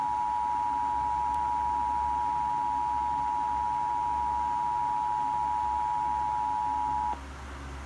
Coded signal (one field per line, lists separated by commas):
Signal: Emergency Alert System (SAME) tones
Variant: 853 and 960 Hz attention tone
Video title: EAS Severe Thunderstorm warning 8/7/2019 3